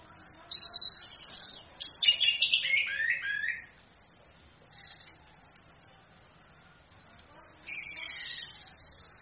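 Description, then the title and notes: Orange-headed thrush song in a few bouts of dense, high, scratchy twittering mixed with clear whistled notes, quiet in between. Female bird; song used as a training (masteran) recording for other birds, played through a mobile phone screen. "ANIS KEMBANG BETINA CAS DENGAN LAYAR HP. Masteran Anis Kembang"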